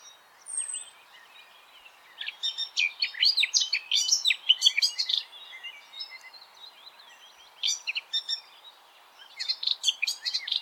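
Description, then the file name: Eurasian blackcap song in several bursts of rapid scratchy warbling separated by short gaps, with one thin high whistle near the start. "Sylvia atricapilla"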